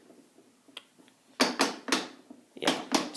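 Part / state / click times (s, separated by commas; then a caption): fan body tilt into the fan's base detent / not seated / none. Someone pushes the plastic body of a Lasko Wind Tunnel tower fan into its tilt position in the fan's base detent, producing a series of sharp plastic knocks and snaps at about 1.4, 1.6, 1.9, 2.7, 3.0 and 3.2 seconds. The tilt adjustment fails to lock: nothing has seated or clicked into place, since it doesn't lock the way it is advertised to.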